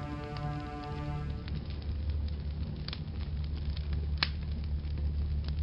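A fire in a back garden crackles and hisses over a steady low roar, with a few sharp snaps breaking through as a man puts it out with makeshift tools; a faint humming tone fades in the opening second.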